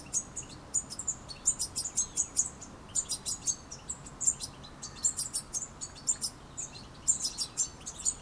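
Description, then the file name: European goldfinch giving high, liquid twittering calls in clustered bursts separated by short pauses, the notes crisp and tinkling over light background hiss. "Carduelis carduelis"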